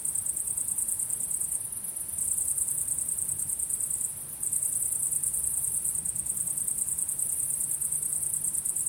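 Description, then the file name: Continuous chorus of crickets, a high, buzzy stream of rapid pulses that drops away for a moment midway, with low background noise. Crickets chirping at sunset. "syrsor solnedgang"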